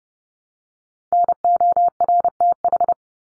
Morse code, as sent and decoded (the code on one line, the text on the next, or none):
-. --- .-. - ....
NORTH